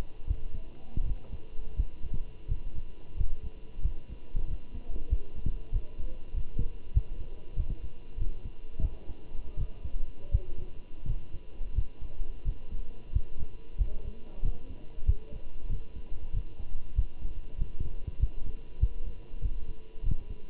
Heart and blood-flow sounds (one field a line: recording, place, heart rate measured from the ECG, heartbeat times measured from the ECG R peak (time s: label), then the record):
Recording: heart sounds by stethoscope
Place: between the tricuspid and mitral areas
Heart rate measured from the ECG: 91 bpm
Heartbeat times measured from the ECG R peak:
0.28 s: heartbeat
1.06 s: heartbeat
1.77 s: heartbeat
2.49 s: heartbeat
3.18 s: heartbeat
3.83 s: heartbeat
4.48 s: heartbeat
5.10 s: heartbeat
5.73 s: heartbeat
6.35 s: heartbeat
6.95 s: heartbeat
7.57 s: heartbeat
8.18 s: heartbeat
8.82 s: heartbeat
9.57 s: heartbeat
10.32 s: heartbeat
11.07 s: heartbeat
11.76 s: heartbeat
12.45 s: heartbeat
13.14 s: heartbeat
13.78 s: heartbeat
14.43 s: heartbeat
15.07 s: heartbeat
15.70 s: heartbeat
16.34 s: heartbeat
16.96 s: heartbeat
17.59 s: heartbeat
18.20 s: heartbeat
18.81 s: heartbeat
19.42 s: heartbeat
20.04 s: heartbeat
From the record:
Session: walking at 3.7 km/h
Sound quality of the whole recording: good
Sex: male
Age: 23 years